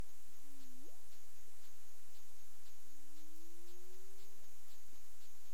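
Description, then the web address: Humpback whale moans: a low note dipping then sweeping up, then after a pause a long, smooth, slowly rising tone, with background hiss and faint regular ticks. Recorded in the Caribbean on 20 February 2022 at 20:15 UTC. "CARIMAM clean data humpback whale"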